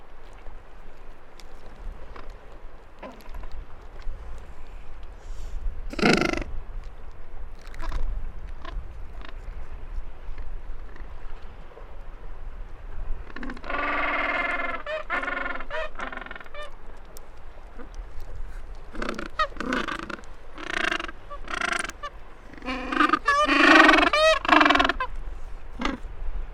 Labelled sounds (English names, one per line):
Gentoo Penguin call